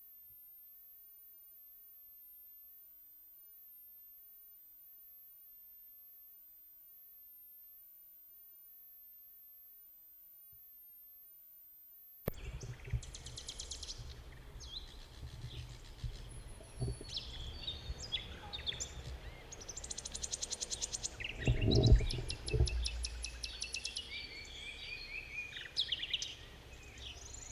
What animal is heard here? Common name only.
Common Nightingale